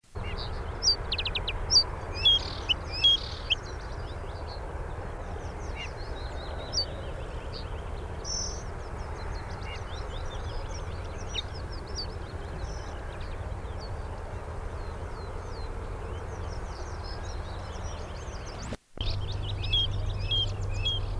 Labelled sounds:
Bluethroat song

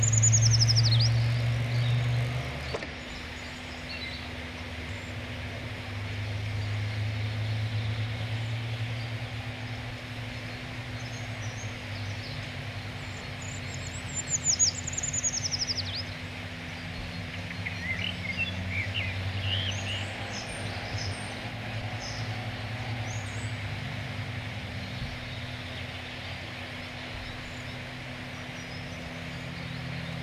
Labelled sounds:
Common Chaffinch

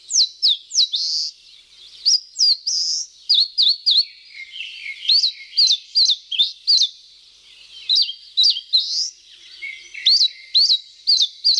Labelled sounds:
Eastern Crowned Warbler song

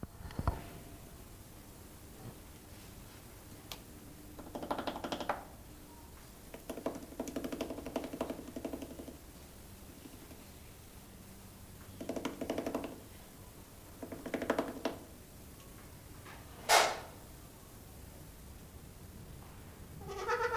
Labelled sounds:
Trumpeter Hornbill

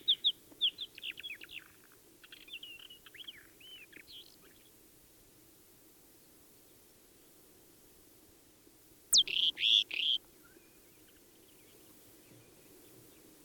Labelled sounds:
Isabelline Shrike

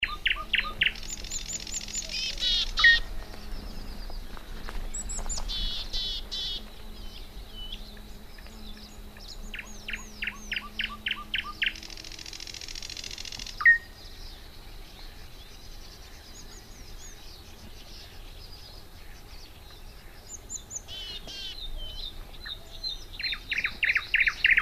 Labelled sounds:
Thrush Nightingale song

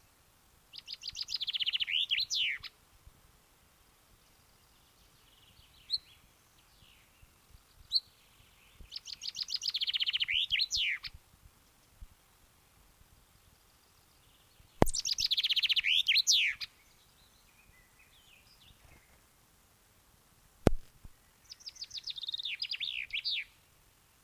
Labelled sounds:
Common Chaffinch song

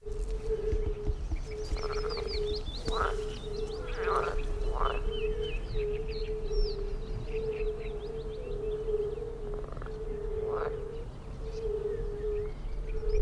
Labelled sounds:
Fire-Bellied Toad

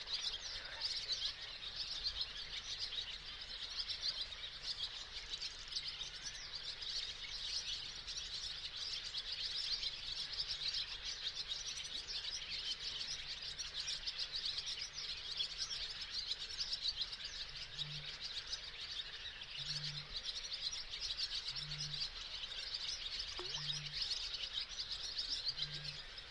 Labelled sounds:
Barn Swallow song

